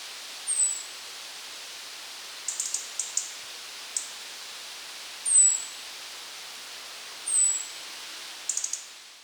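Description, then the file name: European robin calls: three thin, high, slightly falling whistles spread throughout, mixed with short clusters of sharp ticking notes, over a steady faint hiss. "Erithacus rubecula"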